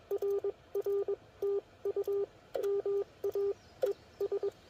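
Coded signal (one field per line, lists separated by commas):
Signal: Morse code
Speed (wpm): 21 wpm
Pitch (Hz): 400 Hz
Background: none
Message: RR TU MA ES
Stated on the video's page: POTA park activation from a car trunk with a Yaesu FT-857, Putikeeg paddle key and JPC7 dipole; rough conditions.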